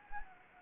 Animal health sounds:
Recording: mosquito wingbeat signal from an infrared sensor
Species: Anopheles gambiae

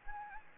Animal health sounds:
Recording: mosquito wingbeat signal from an infrared sensor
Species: Anopheles gambiae

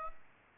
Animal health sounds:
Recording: mosquito wingbeat signal from an infrared sensor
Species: Aedes aegypti

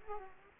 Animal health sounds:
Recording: mosquito wingbeat signal from an infrared sensor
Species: Aedes aegypti

